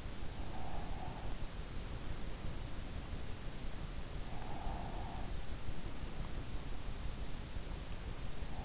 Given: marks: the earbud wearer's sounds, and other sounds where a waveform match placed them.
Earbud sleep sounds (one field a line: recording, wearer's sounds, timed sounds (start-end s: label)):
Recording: sounds in sleep by an in-ear microphone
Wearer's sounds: breath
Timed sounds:
0.00-1.83 s: breath
4.57-6.80 s: breath